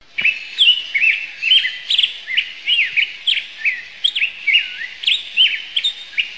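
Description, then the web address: Black-headed grosbeak giving a steady run of rich, warbled, up-and-down whistled notes over a faint background hiss. Described as a nocturnal flight call. "birdvocs nwcal BHGR"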